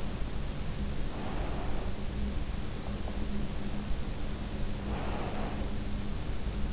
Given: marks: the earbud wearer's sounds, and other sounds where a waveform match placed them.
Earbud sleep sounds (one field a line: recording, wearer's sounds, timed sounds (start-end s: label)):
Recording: sounds in sleep by an in-ear microphone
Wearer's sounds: breath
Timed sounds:
1.12-2.18 s: breath
4.77-5.93 s: breath